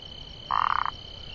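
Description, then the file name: Burmeister's leaf frog calling once with a brief rattling croak made of fast, even pulses, with faint steady hiss before and after. "Phyllomedusa burmeisteri"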